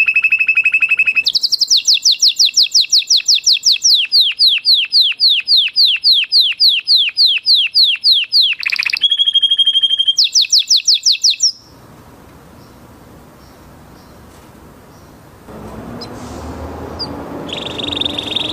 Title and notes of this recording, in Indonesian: PANCINGAN KENARI MACET. Kenari Oranye